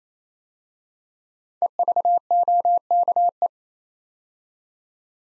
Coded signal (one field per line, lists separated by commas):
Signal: Morse code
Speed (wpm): 28 wpm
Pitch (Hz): 700 Hz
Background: none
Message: EVOKE